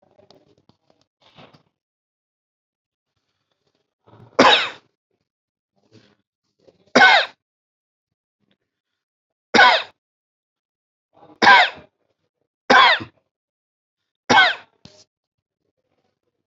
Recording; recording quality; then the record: heavy voluntary cough; excellent, no background noise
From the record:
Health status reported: COVID-19 positive, mild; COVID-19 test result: positive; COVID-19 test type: RT-PCR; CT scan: not taken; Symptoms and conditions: cough, diabetes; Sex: male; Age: 60 years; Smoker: no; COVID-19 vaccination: both doses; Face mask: not worn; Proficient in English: yes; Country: India